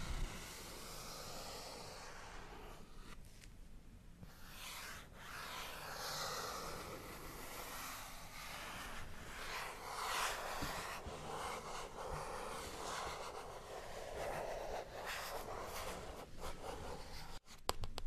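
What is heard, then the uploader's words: Scratchy tracing across matte plastic, a steady rough hiss of rubbing that swells and eases in slow strokes for the whole span. Light taps and scrapes dot the texture irregularly, with a low rumble underneath and a sharp click near the end. Matte Plastic Tracing & Scratchy Tapping (NO TALKING).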